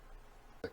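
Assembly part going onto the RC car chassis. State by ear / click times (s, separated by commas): partly seated / 0.6 s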